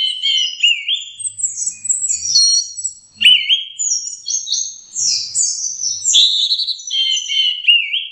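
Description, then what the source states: Orange-headed thrush song, near-continuous stream of high warbled phrases mixed with lower slurred whistles. Training song (masteran).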